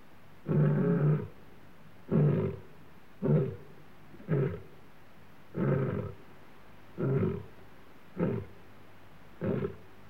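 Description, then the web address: Lion giving a series of eight short, deep grunting roars, spaced roughly a second apart, with silence between each. Male lion roaring, Africa; clean background. "Sound Effects Library-30 (Africa- The Natural World) 14 Male Lion roaring"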